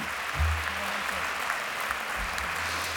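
A concert audience applauds a performer steadily, a dense wash of many hands clapping at even loudness throughout, with a faint low rumble underneath and no voices rising above it.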